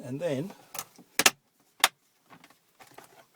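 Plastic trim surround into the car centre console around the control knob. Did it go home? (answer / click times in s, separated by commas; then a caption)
yes / 1.3 s, 1.8 s. Someone talks briefly while the plastic trim surround is fitted back into the centre console around the COMAND control knob of a Mercedes W204 C-Class, with its slots engaged at the back first and then pressed down. Sharp plastic clicks ring out at 1.3 s and 1.8 s as its clips snap home, followed by faint handling sounds. The surround is seated in place.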